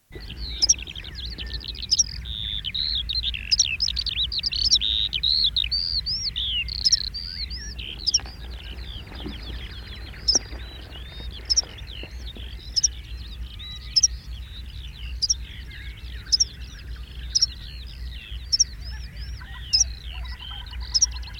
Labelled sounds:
Meadow Pipit call
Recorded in the wild
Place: Siggermow, Insel Rügen, Mecklenburg-Vorpommern, DE
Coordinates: 54.391, 13.461
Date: 1971-05-29
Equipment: Nagra III BH, Sennheiser MD 21, parabola
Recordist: Schubert, Michael

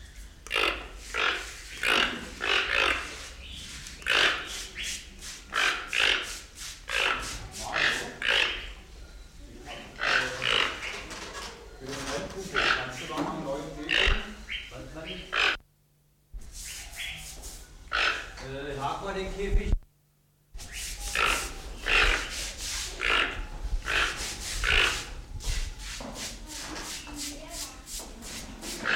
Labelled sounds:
Toco Toucan
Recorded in captivity
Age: adult
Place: Zoo Berlin, Berlin, DE
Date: 1993-03-06 10:54
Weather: 3-6 °C, heiter bis wolkig
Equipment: Marantz CP 430, Sennheiser ME 80, Kopie Uher Variocord 263
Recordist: Tembrock, Günter

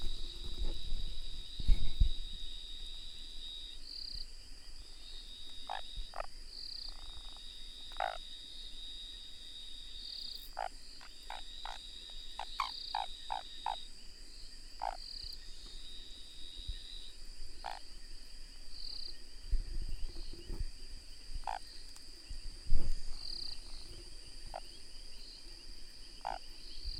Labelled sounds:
African Gray Treefrog call
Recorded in the wild
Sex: male
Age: adult
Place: Hoedspruit, Marepe Lodge, ZA
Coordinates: -24.45, 30.84
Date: 1996-01-10 22:56
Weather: 24°C
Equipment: Sony TCD-D3, Sennheiser ME 80, K 30 AV
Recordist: Gutsche, Alexander

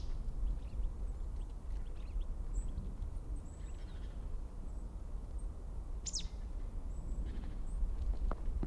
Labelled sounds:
Marsh Tit call
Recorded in the wild
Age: adult
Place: Bernau bei Berlin, Schönower Heide, Brandenburg, DE
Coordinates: 52.695, 13.525
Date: 2005-02-20 14:30
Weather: overcast, 0°C, weak winds
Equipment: Tascam DA-P1, Sennheiser MKH 70 mit Windschutz, ohne Windkorb
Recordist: Frommolt, Karl-Heinz

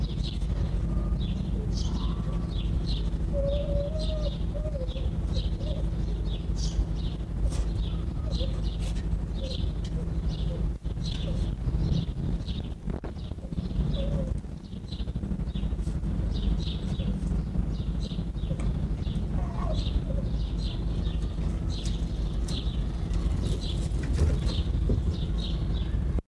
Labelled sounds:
Arctic Fox
House Sparrow
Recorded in captivity
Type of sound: whine
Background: Passer domesticus
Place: Zoologisches Institut der HUB, Berlin, DE
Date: 1957-04-05 16:00
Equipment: Elmetra
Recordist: Tembrock, Günter
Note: Fuchsanlage: winselnde Laute (beim Spiel)

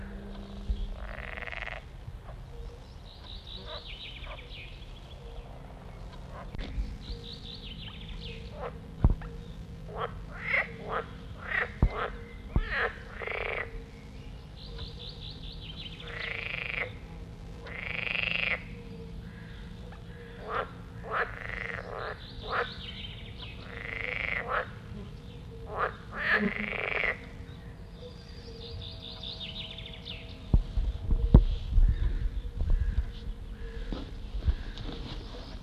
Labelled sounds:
Edible Frog call
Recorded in the wild
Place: Buxpfuhl, Brandenburg, DE
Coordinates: 52.78, 13.67
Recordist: Günther, Rainer
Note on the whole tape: Rufe

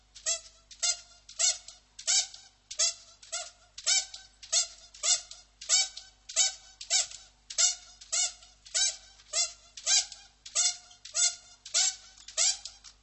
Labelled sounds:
Spectacled Bear call
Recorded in captivity
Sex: female
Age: adult
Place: Tiergarten Nürnberg, Bayern, DE
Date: 1998-11-13 15:50
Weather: overcast, ca. 2-3°C
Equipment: Sony MD-WM MZ-R3, Sennheiser MKH 416 T, Kopie Uher 4000 Report Monitor
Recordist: Tembrock, Günter
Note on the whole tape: Wohl Weibchen: Rhythmische Lautfolgen, während dessen an der Tür zum Innenraum aufrecht sitzend, mit beiden Vorderpfoten scharrend (Entfernung ca. 15 m)

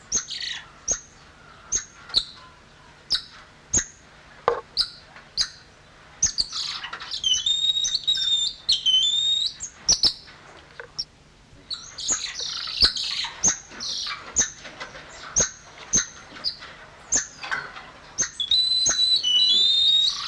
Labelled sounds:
Golden Lion Tamarin call
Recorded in captivity
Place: Zoo Magdeburg, Sachsen-Anhalt, DE
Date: 1995-04-05 10:57
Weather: sonnig, 8°C
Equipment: Sony WM-D6C, Mikro Philips, Kopie Uher 4200 Report Mono
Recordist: Tembrock, Günter

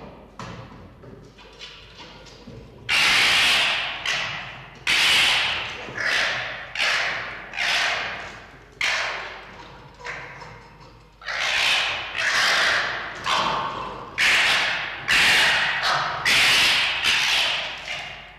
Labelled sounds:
Red Fox
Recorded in captivity
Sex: pair
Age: adult
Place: Zoologisches Institut der HUB, Berlin, DE
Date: 1953-02-12 17:45
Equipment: Elmetra
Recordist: Tembrock, Günter
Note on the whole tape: Fiffi: "Sprödigkeit"; Jupp: Muffen ohne Fleisch während des Aufreitens und des Analleckens bei Fiffi

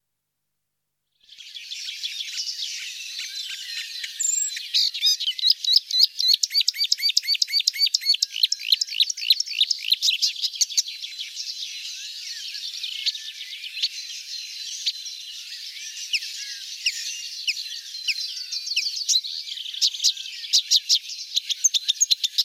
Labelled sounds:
Marsh Warbler song
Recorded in the wild
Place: Oberrotweil am Kaiserstuhl / Bickensohl, Baden-Württemberg, DE
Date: 1991-05-28
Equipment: Dat-Recorder Casio DA 7, Telinga M2, stereo, Telinga-Parabolspiegel
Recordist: Schwarz, Dieter

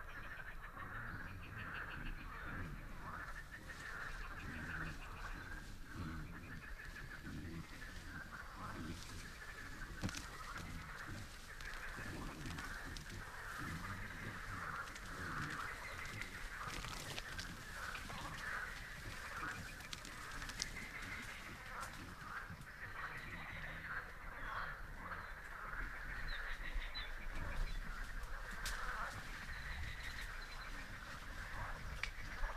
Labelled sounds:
Wild Boar
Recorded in the wild
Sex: diverse
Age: diverse
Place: Gartz (Oder), Nationalpark Unteres Odertal, Brandenburg, DE
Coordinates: 53.1423, 14.3657
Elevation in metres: 1
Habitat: meadow
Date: 2014-05-07 21:30
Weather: cloudy, 18°C, almost windless
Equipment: Sound Devices 702, Sennheiser MKH 70, Rycote Windschutz
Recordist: Frommolt, Karl-Heinz

